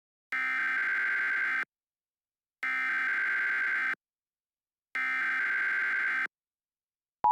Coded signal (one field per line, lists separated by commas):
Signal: Emergency Alert System (SAME) tones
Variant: header bursts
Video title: EAS Mock 1 - Mysterious Dissapearance